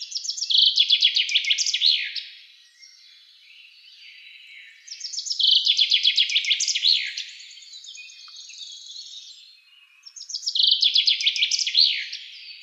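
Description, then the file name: Common chaffinch song, three strong phrases roughly every five seconds, each a quick run of falling notes closing with a flourish, with soft background birdsong. "Fringilla coelebs"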